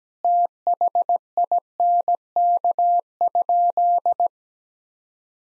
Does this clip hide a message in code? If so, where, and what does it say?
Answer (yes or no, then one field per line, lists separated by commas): yes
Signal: Morse code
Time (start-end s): 0.2-4.3 s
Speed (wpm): 17 wpm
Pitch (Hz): 700 Hz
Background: none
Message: THINK?